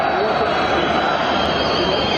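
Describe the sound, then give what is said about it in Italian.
A stadium crowd in Turkey whistles loudly and continuously during a minute of silence at a Turkey versus Greece football match, a dense sustained wash of shrill whistles and roaring noise with no pause or break across the whole moment. “Molti ci hanno scritto oggi, guardate che c'è stata una polemica perché c'era la partita Turchia-Grecia, credo, e durante il minuto di silenzio ci sono stati i fischi che possiamo sentire.”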